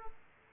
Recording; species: mosquito wingbeat signal from an infrared sensor; Aedes aegypti